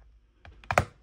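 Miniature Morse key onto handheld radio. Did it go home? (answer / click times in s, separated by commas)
yes / 0.7 s, 0.8 s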